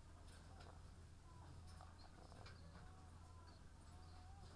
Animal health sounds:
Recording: poultry house recording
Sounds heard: sick chickens (respiratory disease)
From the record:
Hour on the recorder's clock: 18

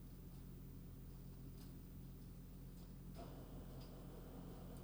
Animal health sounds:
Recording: poultry house recording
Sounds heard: no chicken sound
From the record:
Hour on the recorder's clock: 23

